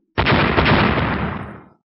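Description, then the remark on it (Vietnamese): A single loud explosion as heavy weapons strike a pillar of light, bursting in with a sharp onset, a broad roaring blast that sustains heavily for over a second before fading out into silence. “Một tiếng nổ lớn vang lên, quang trụ kịch liệt vặn vẹo rung rẩy, nhưng mà cứng cỏi đáng sợ.”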